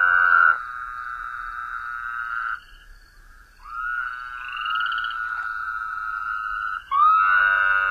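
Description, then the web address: Woodhouse's toad giving long, nasal, buzzy calls: two of about two and a half to three seconds each, separated by a short silence, and a third beginning at the end. North America. "Songs of Frogs Toads of North America. Woodhouses Toad"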